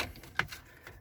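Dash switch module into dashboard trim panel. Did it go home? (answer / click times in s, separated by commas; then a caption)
yes / 0.4 s. A climate control switch module on a Honda Odyssey is pushed back into the plastic dashboard trim panel, and its retaining clips snap home with one sharp click at 0.4 s. Fainter ticks come before and after it. The module is seated with all clips engaged, and someone talks.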